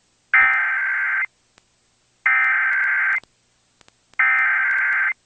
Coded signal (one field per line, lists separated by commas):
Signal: Emergency Alert System (SAME) tones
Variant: header bursts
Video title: [FOUND] Virginia Beach, VA AMBER Alert Expansion to NC (Direct Audio) | EAS #208 (12/9/2023)